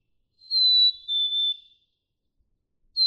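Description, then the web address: Black-capped chickadee song: one pure whistled phrase, a higher note dropping to a lower sustained note, followed by the start of another whistle at the end. "birdsongforthecurious songs Black-capped Chickadee"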